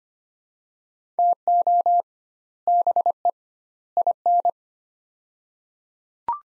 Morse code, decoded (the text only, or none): TO BE IN